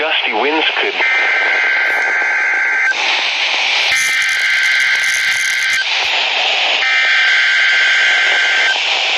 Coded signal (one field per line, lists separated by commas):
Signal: Emergency Alert System (SAME) tones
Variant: header bursts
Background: speech